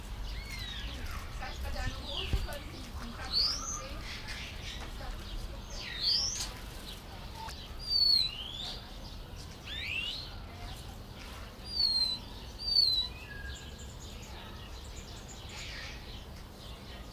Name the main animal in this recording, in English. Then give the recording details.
Pin-tailed Whydah. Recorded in captivity. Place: Zoo Berlin, Berlin, DE. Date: 1996-04-20 18:13. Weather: sonnig, 23°C. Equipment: Sony MD-WM MZ-R3, Sennheiser MKH 416 T, Kopie Uher 4000 Report Monitor. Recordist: Tembrock, Günter